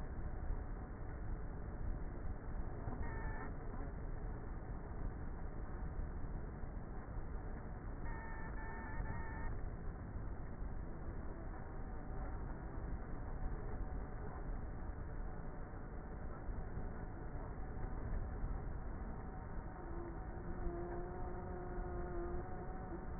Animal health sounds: honeybee colony, microphone inside the hive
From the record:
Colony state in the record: queenless with a low population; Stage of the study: before two queens were removed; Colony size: about 30,000 bees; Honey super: no

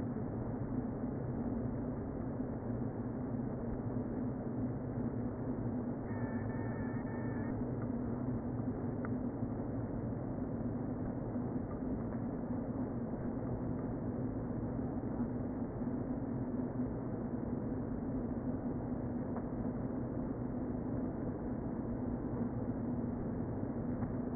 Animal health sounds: honeybee colony, microphone inside the hive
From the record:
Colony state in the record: queen present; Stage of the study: before two queens were removed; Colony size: about 60,000 bees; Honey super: yes

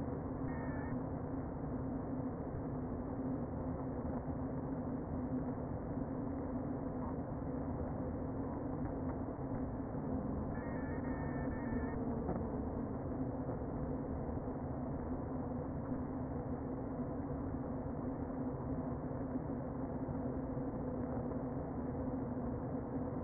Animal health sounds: honeybee colony, microphone inside the hive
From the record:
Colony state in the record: queen present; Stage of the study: before two queens were removed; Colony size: about 60,000 bees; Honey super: yes

